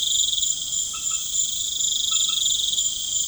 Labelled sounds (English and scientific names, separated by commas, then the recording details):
none
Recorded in pastures near Puerto Asís, Putumayo, Colombia, on 12 March 2025 at 20:30
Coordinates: 0.505, -76.324
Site GP08